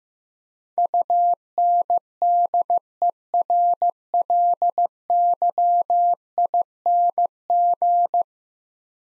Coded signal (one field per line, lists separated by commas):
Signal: Morse code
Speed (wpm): 15 wpm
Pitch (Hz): 700 Hz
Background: none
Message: UNDERLYING